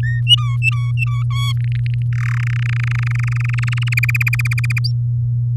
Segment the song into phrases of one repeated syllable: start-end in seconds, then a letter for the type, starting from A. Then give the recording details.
0.03-0.21 A, 0.26-1.23 B, 1.30-1.52 C, 1.57-2.02 D, 2.12-2.41 E, 2.43-3.94 F, 3.97-4.79 G, 4.84-4.91 H. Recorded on 6 May 2018 at 11:06. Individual llb16